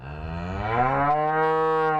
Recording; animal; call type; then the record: contact call of a hoofed animal; cattle; low-frequency (closed-mouth) or high-frequency (open-mouth) call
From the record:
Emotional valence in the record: negative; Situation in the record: full separation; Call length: 2.1 s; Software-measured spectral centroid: 1110 Hz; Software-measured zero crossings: 1390 a second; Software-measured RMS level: -24 dBFS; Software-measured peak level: -10 dBFS